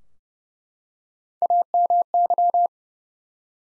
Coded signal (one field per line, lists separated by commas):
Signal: Morse code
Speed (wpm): 31 wpm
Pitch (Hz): 700 Hz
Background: none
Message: AMY